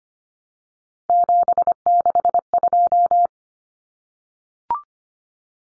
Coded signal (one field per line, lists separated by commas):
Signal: Morse code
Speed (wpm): 25 wpm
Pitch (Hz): 700 Hz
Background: none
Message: 762